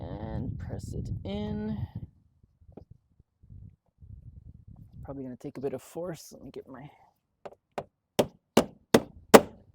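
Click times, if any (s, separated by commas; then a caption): 9.0 s. Someone talks, then a plastic push-pin fastener holding a Maiker Off-Road Cyber Mudflap to a Cybertruck body is driven into its mounting hole with a series of sharp knocks from a tool at about 7.8, 8.2, 8.6 and 9.0 seconds. The pin seats with the last knock at 9.0 seconds.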